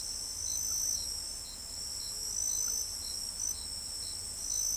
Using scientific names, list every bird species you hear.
none